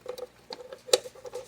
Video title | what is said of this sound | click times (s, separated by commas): Mike's Sprout Gardening - Quick Tips | it just snaps right into place | 0.9 s